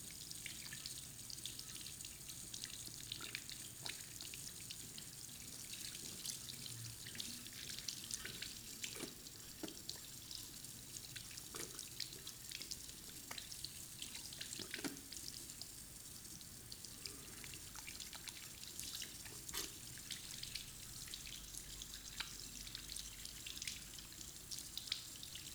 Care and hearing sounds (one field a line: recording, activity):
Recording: daily activity, guitar pickup as the sensor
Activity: wash hands